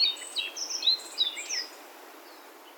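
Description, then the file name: Black-faced bunting song, a quick jumble of high chirps and short slurred whistles packed into under two seconds, then quiet background hiss. Recorded in Yaita on 23 July 2021. "aoji 210723 yaita"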